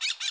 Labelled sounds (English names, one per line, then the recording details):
Brown-throated Parakeet contact call
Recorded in Bonaire
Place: 1 km N of power plant, rd to Republiek
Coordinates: 12.184, -68.285